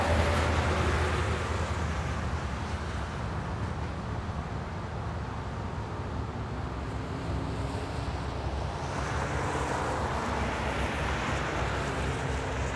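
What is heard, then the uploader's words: Traffic on a wet road, a steady dense wash of tire hiss and low engine rumble that never drops away. A low hum sits underneath early on, and the hiss swells brighter after about nine seconds as another vehicle passes. Wet Road Traffic.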